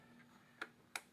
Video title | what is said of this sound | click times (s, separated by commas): Dodge Neon Tune up! spark plugs and spark plugs wires replacement how-to, also gap Clearance | Make sure you hear it pop in place. And that's all you should have to do for that plug. | 1.0 s